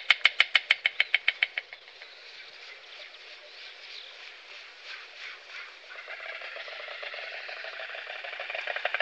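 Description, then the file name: White stork opening with a burst of sharp clacks that soften into a faint, blurred rattle, then swell into faster clattering toward the end. "Vit stork"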